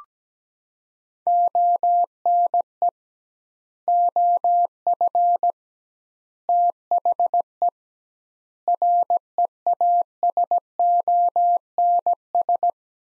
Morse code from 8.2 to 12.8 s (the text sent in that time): REASONS